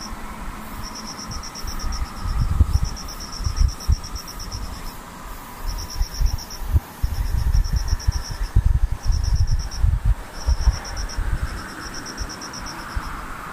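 Insects chirp in quick, high pulsed trills that come in bursts every second or two, over low rumbling and thumping noise throughout.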